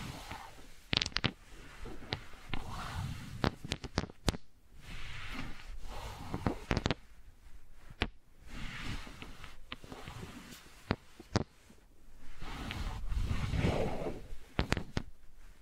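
Wooden balls knock and clack in sharp, irregular bursts, often in quick pairs, over a low rolling, rumbling sound that swells and fades throughout.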